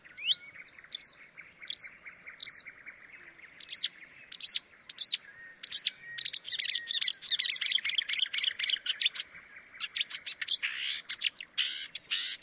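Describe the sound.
Bird calls: thin rising chirps at first, then sharp high notes in quick runs, building into a dense, overlapping twitter of rapid chirps toward the end.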